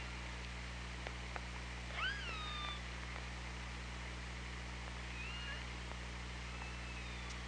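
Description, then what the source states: Orca call: a harmonic, rising-then-falling pulsed call near two seconds, a softer upswept call later, sparse clicks, and a steady underwater hiss and hum. Recorded by OrcaLab hydrophone, 24 August 2017, 16:07.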